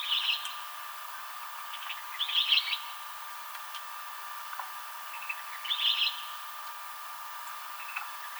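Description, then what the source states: Western kingbird giving three short, buzzy chattering calls spaced a few seconds apart, with faint ticks and a steady background hum. Recorded 7 July 2007.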